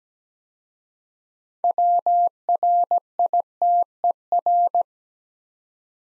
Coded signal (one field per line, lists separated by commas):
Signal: Morse code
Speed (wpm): 17 wpm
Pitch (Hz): 700 Hz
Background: none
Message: WRITER